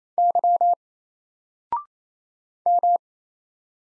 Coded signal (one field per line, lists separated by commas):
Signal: Morse code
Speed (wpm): 27 wpm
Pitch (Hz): 700 Hz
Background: none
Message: Y M